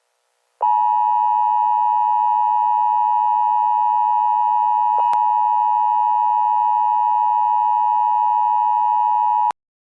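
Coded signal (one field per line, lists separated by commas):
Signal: Emergency Alert System (SAME) tones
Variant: 853 and 960 Hz attention tone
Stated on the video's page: Mock EAS tornado warning for Chicago.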